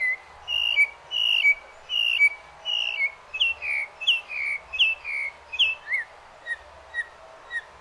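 Northern mockingbird song: varied whistled and slurred phrases, several repeated in quick succession, growing softer near the end.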